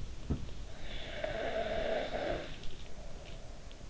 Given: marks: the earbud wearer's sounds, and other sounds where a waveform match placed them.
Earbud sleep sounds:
sounds in sleep by an in-ear microphone; snoring breath
0.00-0.41 s: sound from someone else or the room
0.83-3.85 s: snoring breath

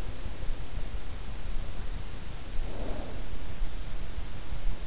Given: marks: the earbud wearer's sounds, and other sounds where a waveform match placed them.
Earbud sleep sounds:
sounds in sleep by an in-ear microphone; snoring breath
2.69-3.29 s: snoring breath

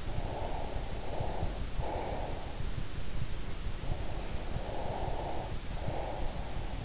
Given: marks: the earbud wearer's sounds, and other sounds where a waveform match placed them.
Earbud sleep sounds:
sounds in sleep by an in-ear microphone; breath
0.05-2.64 s: breath
3.78-6.85 s: breath

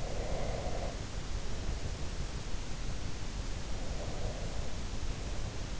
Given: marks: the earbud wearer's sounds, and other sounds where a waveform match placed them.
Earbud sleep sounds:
sounds in sleep by an in-ear microphone; breath
0.00-1.92 s: breath
3.73-4.75 s: breath

